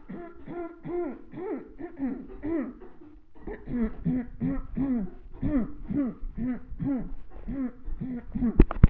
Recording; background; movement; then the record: throat clearing; a bystander coughing; walking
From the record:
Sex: female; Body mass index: 21.8 kg/m2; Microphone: on the chest, facing the body